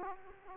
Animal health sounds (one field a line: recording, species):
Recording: mosquito wingbeat signal from an infrared sensor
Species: Aedes aegypti